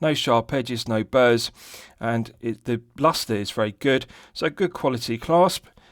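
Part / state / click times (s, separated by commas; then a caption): bracelet clasp closing onto its lock / not seated / none. A stainless steel deployant clasp on a watch bracelet is handled while someone talks about its quality. The clip ends before the clasp is pressed closed, so nothing has clicked or seated yet.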